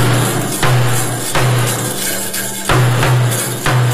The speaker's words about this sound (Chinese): 太平鼓那咚咚的声响都是因为鼓鞭敲击鼓面而发出的。现在我们看到的太平鼓鼓面都是用羊皮制成